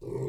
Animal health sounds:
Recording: pig call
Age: weaner (32 to 43 days)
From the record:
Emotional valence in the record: negative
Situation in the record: novel object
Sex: female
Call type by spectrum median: low-frequency call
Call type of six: low-frequency stable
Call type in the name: low-frequency stable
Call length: 0.28 s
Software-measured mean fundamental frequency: 57 Hz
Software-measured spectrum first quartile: 143 Hz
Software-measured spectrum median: 319 Hz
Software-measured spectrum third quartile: 426 Hz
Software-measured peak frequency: 389 Hz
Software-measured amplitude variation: 168 dB a second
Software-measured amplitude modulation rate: 23.0 a second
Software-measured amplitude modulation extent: 7.3 dB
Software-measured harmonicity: 0.8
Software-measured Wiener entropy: -0.07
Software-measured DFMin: 881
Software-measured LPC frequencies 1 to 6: 386, 877, 2128, 4139, 5461, 6528 Hz

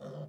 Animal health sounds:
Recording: pig call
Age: piglet (1 to 25 days)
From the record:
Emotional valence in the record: negative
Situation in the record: short isolation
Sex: female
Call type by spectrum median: low-frequency call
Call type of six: low-frequency stable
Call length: 0.29 s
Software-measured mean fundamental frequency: 51 Hz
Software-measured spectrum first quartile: 160 Hz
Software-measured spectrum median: 339 Hz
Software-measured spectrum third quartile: 590 Hz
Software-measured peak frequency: 533 Hz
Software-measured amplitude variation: 93 dB a second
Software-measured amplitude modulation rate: 26.0 a second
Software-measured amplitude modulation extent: 3.6 dB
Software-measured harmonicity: 2.5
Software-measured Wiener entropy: -0.13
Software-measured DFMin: 618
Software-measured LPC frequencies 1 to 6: 503, 3159, 3597, 4585, 5450, 6219 Hz

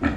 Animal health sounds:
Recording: pig call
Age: growing-finishing pig (85 days or more)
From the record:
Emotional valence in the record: negative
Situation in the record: barren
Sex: female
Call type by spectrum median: low-frequency call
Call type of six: low-frequency tonal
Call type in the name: low-frequency modulated, not sure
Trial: 1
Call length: 0.17 s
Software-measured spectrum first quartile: 225 Hz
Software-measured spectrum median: 433 Hz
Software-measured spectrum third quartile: 1366 Hz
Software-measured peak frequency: 273 Hz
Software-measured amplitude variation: 123 dB a second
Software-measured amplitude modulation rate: 14.7 a second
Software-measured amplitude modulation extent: 8.4 dB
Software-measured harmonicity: 1.5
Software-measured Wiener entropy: -1.66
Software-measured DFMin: 510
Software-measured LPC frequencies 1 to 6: 314, 1294, 1749, 2412, 3405, 4164 Hz

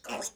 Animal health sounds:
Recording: pig call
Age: piglet (1 to 25 days)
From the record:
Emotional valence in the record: negative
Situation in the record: restrain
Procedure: back test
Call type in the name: low-frequency call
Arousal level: medium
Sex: female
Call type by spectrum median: high-frequency call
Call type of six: mixed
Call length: 0.35 s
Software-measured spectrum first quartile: 878 Hz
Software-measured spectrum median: 2785 Hz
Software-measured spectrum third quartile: 6622 Hz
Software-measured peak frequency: 593 Hz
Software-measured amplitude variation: 215 dB a second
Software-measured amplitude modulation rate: 12.8 a second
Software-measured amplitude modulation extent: 16.9 dB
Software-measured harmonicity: 0.9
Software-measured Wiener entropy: -2.12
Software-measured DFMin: 941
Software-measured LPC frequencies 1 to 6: 699, 2693, 3526, 5147, 6442, 7508 Hz

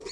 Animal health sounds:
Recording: pig call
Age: weaner (32 to 43 days)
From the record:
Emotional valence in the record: negative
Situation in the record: long isolation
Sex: female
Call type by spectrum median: low-frequency call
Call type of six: high-frequency stable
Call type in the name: high-frequency stable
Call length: 0.12 s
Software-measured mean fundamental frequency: 102 Hz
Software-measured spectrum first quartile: 440 Hz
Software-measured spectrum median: 1995 Hz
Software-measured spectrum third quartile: 4834 Hz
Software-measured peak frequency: 401 Hz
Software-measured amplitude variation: 207 dB a second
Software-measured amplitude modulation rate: 16.4 a second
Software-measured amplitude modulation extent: 12.6 dB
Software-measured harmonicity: 5.6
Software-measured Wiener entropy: -2.83

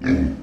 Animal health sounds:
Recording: pig call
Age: growing-finishing pig (85 days or more)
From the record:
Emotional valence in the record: negative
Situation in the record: barren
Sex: female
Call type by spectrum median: low-frequency call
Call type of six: low-frequency stable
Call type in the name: low-frequency modulated, not sure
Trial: 1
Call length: 0.42 s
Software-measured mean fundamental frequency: 46 Hz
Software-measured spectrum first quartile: 189 Hz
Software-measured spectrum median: 278 Hz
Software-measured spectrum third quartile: 544 Hz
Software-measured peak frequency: 262 Hz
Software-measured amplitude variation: 153 dB a second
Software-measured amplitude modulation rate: 24.7 a second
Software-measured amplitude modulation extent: 6.2 dB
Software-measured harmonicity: 2.8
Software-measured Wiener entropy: -0.84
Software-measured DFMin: 1243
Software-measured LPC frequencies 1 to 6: 290, 1684, 2290, 3884, 4577, 5404 Hz

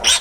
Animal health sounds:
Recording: pig call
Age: piglet (1 to 25 days)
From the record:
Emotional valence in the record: negative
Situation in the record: crushing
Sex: female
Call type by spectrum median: high-frequency call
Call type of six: high-frequency stable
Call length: 0.21 s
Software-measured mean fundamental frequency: 268 Hz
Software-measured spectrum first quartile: 2981 Hz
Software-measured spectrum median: 4343 Hz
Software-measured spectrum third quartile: 6614 Hz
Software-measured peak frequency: 3714 Hz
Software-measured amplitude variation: 165 dB a second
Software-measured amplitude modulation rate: 14.1 a second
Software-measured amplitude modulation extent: 11.8 dB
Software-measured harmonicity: 1.5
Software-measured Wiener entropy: -1.78

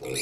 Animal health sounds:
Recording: pig call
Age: weaner (32 to 43 days)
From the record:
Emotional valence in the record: negative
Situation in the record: short isolation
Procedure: open field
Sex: female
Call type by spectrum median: high-frequency call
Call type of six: mixed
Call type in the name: high-frequency modulated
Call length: 0.22 s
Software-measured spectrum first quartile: 834 Hz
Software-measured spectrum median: 3083 Hz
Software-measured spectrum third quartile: 7288 Hz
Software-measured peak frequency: 442 Hz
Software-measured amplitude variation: 95 dB a second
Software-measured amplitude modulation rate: 31.6 a second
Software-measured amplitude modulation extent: 3.0 dB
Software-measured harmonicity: 3.6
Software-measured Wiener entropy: -3.55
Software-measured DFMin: 1151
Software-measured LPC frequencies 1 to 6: 457, 2408, 3832, 4297, 4796, 6009 Hz

